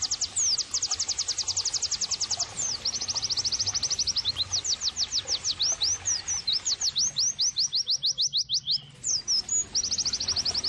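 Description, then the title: White-eye song: rapid high trills alternate with rhythmic falling whistles over about ten seconds, with only a brief lull near the end. Pleci singing actively (gacor); therapy and bird-training (masteran) audio. "Pleci Gacor. terapi pleci dextro 87 plus masteran kenari sahdu OmAcuz Dextro87 channel"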